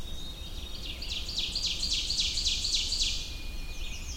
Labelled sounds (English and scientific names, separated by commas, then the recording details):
Ovenbird (Seiurus aurocapilla) song
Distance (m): 25 m
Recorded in boreal forest in Alberta, Canada, on 21 June 2016 at 06:48
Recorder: SongMeter 3, array SBT-6-81
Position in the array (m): 52 m, 124 m
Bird 23